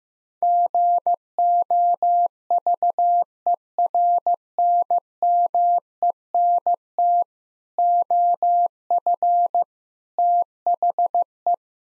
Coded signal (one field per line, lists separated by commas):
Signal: Morse code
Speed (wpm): 14 wpm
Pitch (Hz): 700 Hz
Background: none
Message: GOVERNMENT OF THE